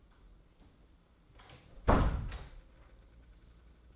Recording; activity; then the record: daily activity, microphone in the room; close door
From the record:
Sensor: 3